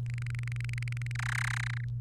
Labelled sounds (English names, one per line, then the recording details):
Domestic Canary song
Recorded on 29 April 2018 at 07:36
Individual llb3